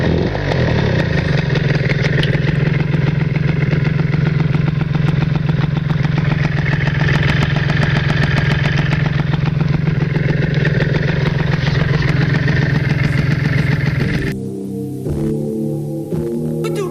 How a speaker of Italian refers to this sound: Incredibile come si riesce a passare da un pezzo rap a una marmitta a Pinasco